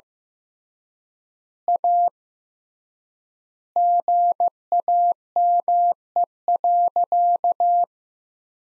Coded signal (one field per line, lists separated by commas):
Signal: Morse code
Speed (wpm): 16 wpm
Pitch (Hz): 700 Hz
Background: none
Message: A GAME.